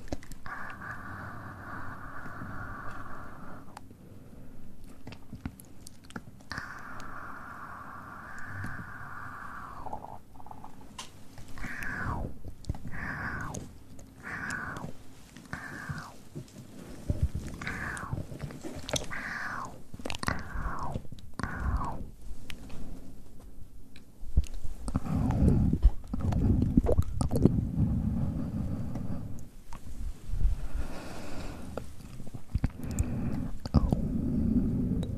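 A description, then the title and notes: Wet mouth sounds and clicks, with a few long hums early on, then a run of quick rising squeaky tones and heavy low rubbing near the end. ASMR Mouth Sounds & Ear Play.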